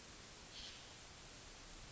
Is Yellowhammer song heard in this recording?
no